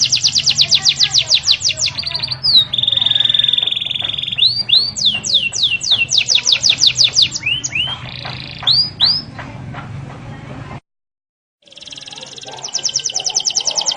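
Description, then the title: Canary singing continuously in fast high trills and swooping downslurred notes. The phrases change every second or two, with a brief silent break near the end before trilling resumes. Song used as a lure to make lazy, non-singing canaries start singing steadily. "mster Mnuk. PANCINGAN KENARI MALES BUNYI JADI GACOR"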